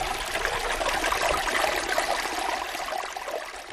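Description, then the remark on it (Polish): A small mountain stream trickles and burbles steadily over stones, a continuous bright, splashing wash of water with no voices, holding an even level throughout. “To może sobie teraz przykucnijmy i nagramy sobie trochę strumyka, a przy okazji posłuchamy, co się tutaj dzieje.”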